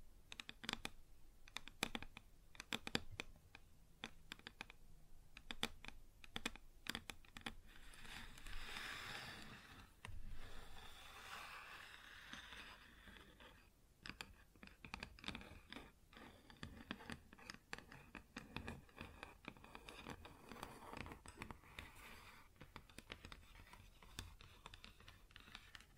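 Tapping and scratching on a wooden surface, with quick, irregular taps scattered throughout like busy typing. Around 8 to 10 seconds and again near 14 seconds, longer rough scraping strokes take over, then sharp clicks and knocks resume at an uneven pace.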